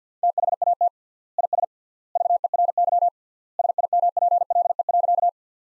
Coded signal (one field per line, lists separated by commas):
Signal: Morse code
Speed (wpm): 50 wpm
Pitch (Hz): 700 Hz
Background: none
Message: THAT IS VERY SIMPLE.